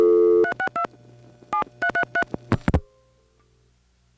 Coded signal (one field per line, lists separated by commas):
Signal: DTMF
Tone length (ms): 90 ms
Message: 362 7333